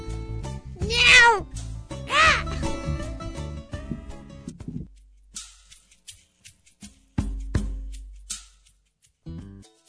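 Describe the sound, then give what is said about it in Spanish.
A cat lets out two loud, drawn-out meows with a wavering, bending pitch, followed by a few softer cries and scattered short knocks and rustles. “¿Que te hable un gato? No, que el gato tenía la voz de mi padre.”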